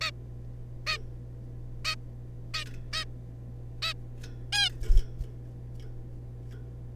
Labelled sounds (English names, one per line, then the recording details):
Zebra Finch
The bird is a juvenile
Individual R3549